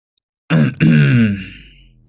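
A woman clears her throat in two quick voiced bursts, a short rough catch followed by a longer, tuneful "ahem" that trails off into quiet.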